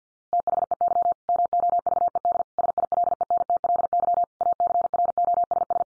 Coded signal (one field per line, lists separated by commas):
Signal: Morse code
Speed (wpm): 50 wpm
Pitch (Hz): 700 Hz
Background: none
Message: THEY MOVED SILENTLY ACROSS